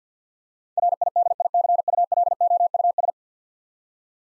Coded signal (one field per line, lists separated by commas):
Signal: Morse code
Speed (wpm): 50 wpm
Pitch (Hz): 700 Hz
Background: none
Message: RIDICULOUS